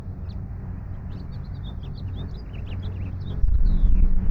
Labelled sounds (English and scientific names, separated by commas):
House Finch (Haemorhous mexicanus) song